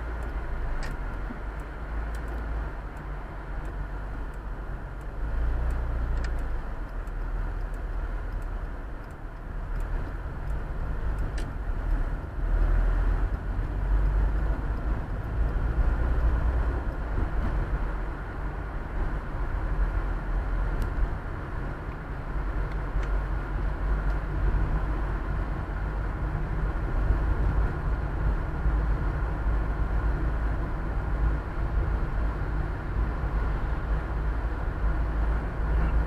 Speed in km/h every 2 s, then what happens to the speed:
18, 15, 12, 14, 17, 17, 23, 29, 33, 33, 35, 36, 38, 40, 41, 43, 43, 43.
0-5 slows to 12. 5-36 speeds up to 43.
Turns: none.